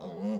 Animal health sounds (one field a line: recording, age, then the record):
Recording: pig call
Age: piglet (1 to 25 days)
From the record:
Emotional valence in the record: negative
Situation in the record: short isolation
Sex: female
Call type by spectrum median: low-frequency call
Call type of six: mixed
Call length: 0.40 s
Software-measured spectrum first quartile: 207 Hz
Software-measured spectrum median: 289 Hz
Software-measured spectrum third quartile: 562 Hz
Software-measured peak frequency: 201 Hz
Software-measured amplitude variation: 79 dB a second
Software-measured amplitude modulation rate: 21.1 a second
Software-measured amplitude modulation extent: 3.7 dB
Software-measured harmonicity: 4.3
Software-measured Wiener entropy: -0.22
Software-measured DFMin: 955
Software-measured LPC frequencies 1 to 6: 2050, 2931, 3728, 4702, 6187, 7058 Hz